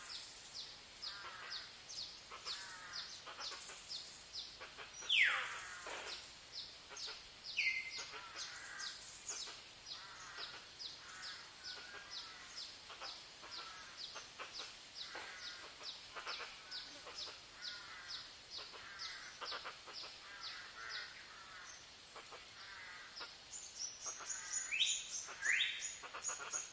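Forest ambience with a dense, steady chorus of high, rapid chirping and ticking, likely insects and birds, running throughout. Brighter bird calls stand out near five, eight, and twenty-five seconds, sweeping downward. Little low sound sits underneath.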